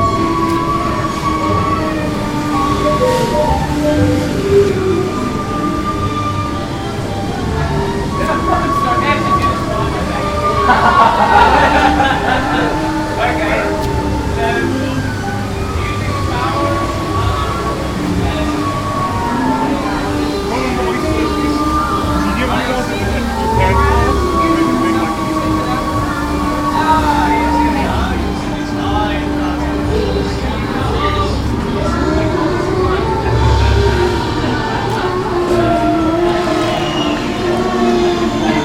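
A theme park's steady din fills the recording, a dense wash of crowd chatter and voices layered over a low rumble of rides and machinery. Sustained tones drift in and out, and a louder burst of activity swells around eleven seconds.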